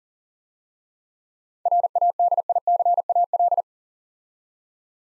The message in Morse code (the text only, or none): RADICAL